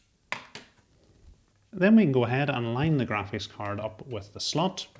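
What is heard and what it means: The plastic retention clip on a motherboard's PCIe x16 slot is pushed open before the graphics card goes in, giving a sharp click at 0.3 s followed by a softer tick at 0.6 s. Someone then talks.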